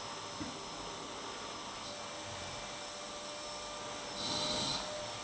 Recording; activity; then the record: daily activity, microphone in the room; vacuum cleaning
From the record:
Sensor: 3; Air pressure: 1007.7 hPa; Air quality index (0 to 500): 49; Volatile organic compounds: 1 ppm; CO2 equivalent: 576 ppm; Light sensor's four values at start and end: 9/20/8/8 and 9/20/8/8